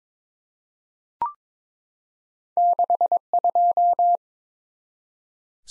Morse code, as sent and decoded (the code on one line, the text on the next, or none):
-.... ..---
62